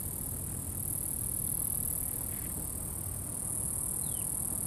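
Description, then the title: High, continuous cricket trilling over heavy wind; a brief, faint descending chirp cuts through near the end. Crickets recorded at Atins, Brazil, with wind in the background. "Atins, Brésil - Grillons - Crickets"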